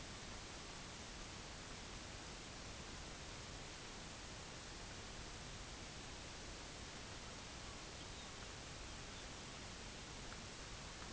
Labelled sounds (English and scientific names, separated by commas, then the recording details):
Common Raven (Corvus corax), unidentified sound
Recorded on Arctic tundra, site UTQI-5, on 23 June 2018
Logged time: 04:00